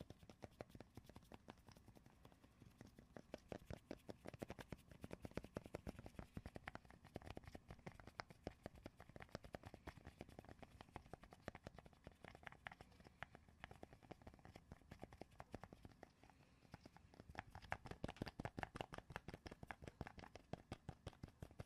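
Rapid tapping and scratching runs through the whole stretch, a dense stream of sharp clicks and scrapes with no real pauses. The pace stays busy and fairly even, thinning briefly around sixteen seconds before picking back up, with a low rumble underneath.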